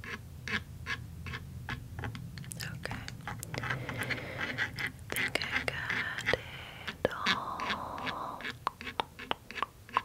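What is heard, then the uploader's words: Close, crisp mouth sounds and wet clicks tumble quickly throughout, with soft brushing textures around four to nine seconds over a low, steady hum. Spa Lip Treatment mouth sounds, up close personal attention, tapping.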